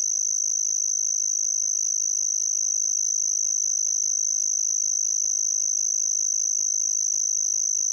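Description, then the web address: Say's bush cricket song, an unbroken high, thin trill with a rapid, even pulsing, sustained at constant pitch and loudness throughout. "Crickets and Katydids. Say's Bush Cricket, Anaxipha exigua"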